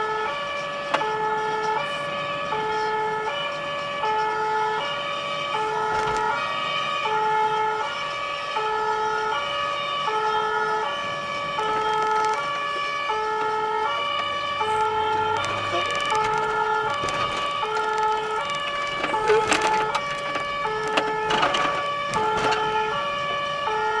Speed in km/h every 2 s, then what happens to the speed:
63, 54, 54, 56, 55, 55, 42, 41, 49, 49, 43, 39.
0-2 brakes to 54. 2-10 steady at about 55. 10-13 brakes to 41. 13-16 speeds up to 49. 18-21 slows to 39.